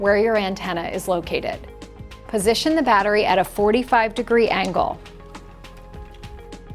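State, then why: Not seated. A backup battery is held at a 45 degree angle near the antenna and lined up in a Frontpoint security control panel housing, ready to be pushed down into its clips. Someone talks over background music for about five seconds, then a few faint handling sounds come at 5.4, 6.2 and 6.5 seconds. This is handling only, and the battery has not seated or clicked yet.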